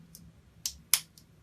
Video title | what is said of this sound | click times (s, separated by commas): Dungeon In A Box Unboxing #1 [IN DEPTH] - (MAPS, SKINNY MINIS, 3D MINIS & MORE - Dungeons & Dragons | just snaps into place just like that it's so perfect BAM | 0.9 s